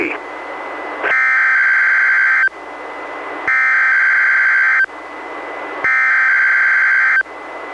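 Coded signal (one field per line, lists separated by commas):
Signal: Emergency Alert System (SAME) tones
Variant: header bursts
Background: speech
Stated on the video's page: NOAA Weather Radio weekly test relayed by an Astoria station, recorded from a Reecom R-1630 weather radio through a Zoom H1 recorder.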